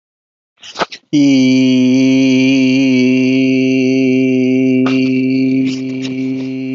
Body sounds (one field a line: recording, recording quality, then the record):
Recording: sustained vowel as in beet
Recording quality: excellent, no background noise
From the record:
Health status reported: healthy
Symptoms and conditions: none ticked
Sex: male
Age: 38 years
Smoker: not ticked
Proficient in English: yes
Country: India